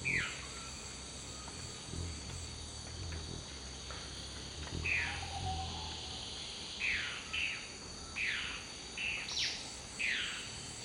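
Dusky-throated antshrike calling: a quiet start, then a run of brief downslurred notes, some paired, against a continuous ringing insect chorus.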